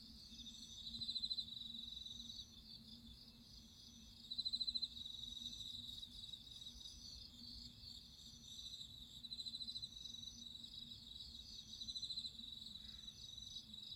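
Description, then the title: Crickets chirping in a constant high chorus, louder pulsed bursts recurring every few seconds, with a low droning hum beneath. Crickets singing at midnight. "Listen to nature crickets singing at midnight"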